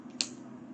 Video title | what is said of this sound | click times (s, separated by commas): Health Update, Stoma Stuff, And Supplies | you can actually hear it locked and I haven't had an issue when they are locked of being pulled | 0.2 s